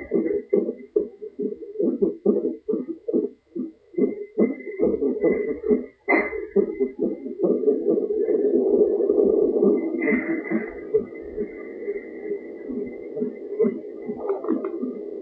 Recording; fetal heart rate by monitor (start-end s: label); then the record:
fetal heart sounds by stethoscope on the mother's abdomen
0.00-10.00 s: 140 bpm
10.00-15.22 s: 143 bpm
From the record:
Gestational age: 38 weeks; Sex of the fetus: girl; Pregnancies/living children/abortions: 2/1/0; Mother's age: 27 years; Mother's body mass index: 38.1